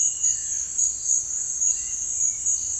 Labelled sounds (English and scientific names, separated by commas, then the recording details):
Plain-winged Antshrike (Thamnophilus schistaceus)
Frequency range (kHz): Plain-winged Antshrike (Thamnophilus schistaceus) 0.9-2.1 kHz
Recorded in dense forest near Puerto Asís, Putumayo, Colombia, on 20 February 2024 at 07:00
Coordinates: 0.484, -76.317
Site G6464